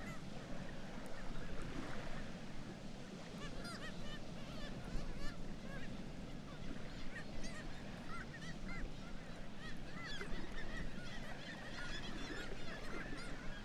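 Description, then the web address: Black-legged kittiwakes calling in a steady stream of overlapping nasal, wavering cries, partly blurred by a strong, even background roar. "sound Black-legged-kittiwake. صدای-پرنده-کاکایی-پاسیاه"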